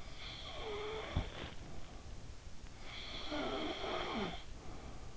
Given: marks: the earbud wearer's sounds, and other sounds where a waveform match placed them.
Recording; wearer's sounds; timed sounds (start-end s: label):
sounds in sleep by an in-ear microphone; snoring breath
0.00-1.73 s: snoring breath
2.77-4.79 s: snoring breath